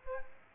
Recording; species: mosquito wingbeat signal from an infrared sensor; Aedes aegypti